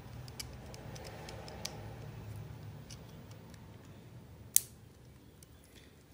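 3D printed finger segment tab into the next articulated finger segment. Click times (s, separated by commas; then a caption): 4.6 s. A 3D printed plastic finger segment is pressed into the next articulated finger segment, with its small tab on the inside. A few faint ticks come first, then one sharp, loud click at 4.6 seconds as the segment clicks into place.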